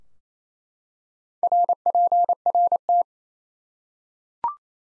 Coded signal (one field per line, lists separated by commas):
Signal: Morse code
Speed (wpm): 28 wpm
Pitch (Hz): 700 Hz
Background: none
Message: RPRT